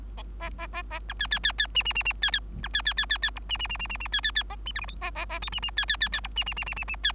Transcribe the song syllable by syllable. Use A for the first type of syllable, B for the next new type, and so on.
A A A A B C C C C D D D D C C B C C C C C E D D D D D D C C C A D F G H A A A I D D C C C C E D D D D D D C